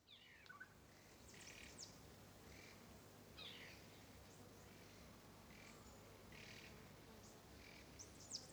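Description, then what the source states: Songbird with brief high chirps and swept whistles spaced throughout, set against a constant low rumble and hiss. Rainforest.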